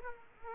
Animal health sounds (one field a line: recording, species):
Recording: mosquito wingbeat signal from an infrared sensor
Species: Aedes aegypti